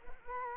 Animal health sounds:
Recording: mosquito wingbeat signal from an infrared sensor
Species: Culex quinquefasciatus

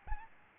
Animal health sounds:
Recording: mosquito wingbeat signal from an infrared sensor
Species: Aedes albopictus

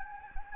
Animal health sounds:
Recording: mosquito wingbeat signal from an infrared sensor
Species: Anopheles gambiae

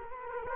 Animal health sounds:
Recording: mosquito wingbeat signal from an infrared sensor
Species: Culex quinquefasciatus

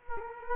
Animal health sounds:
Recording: mosquito wingbeat signal from an infrared sensor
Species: Culex quinquefasciatus

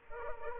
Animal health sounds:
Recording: mosquito wingbeat signal from an infrared sensor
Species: Culex pipiens

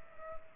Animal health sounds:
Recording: mosquito wingbeat signal from an infrared sensor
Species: Culex pipiens

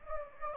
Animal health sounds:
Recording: mosquito wingbeat signal from an infrared sensor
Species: Anopheles gambiae

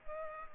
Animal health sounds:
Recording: mosquito wingbeat signal from an infrared sensor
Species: Culex pipiens

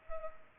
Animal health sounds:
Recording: mosquito wingbeat signal from an infrared sensor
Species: Culex pipiens

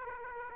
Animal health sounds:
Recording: mosquito wingbeat signal from an infrared sensor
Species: Aedes aegypti

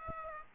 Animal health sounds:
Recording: mosquito wingbeat signal from an infrared sensor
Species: Aedes aegypti

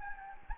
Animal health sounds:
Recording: mosquito wingbeat signal from an infrared sensor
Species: Anopheles gambiae

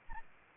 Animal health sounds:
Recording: mosquito wingbeat signal from an infrared sensor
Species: Anopheles arabiensis

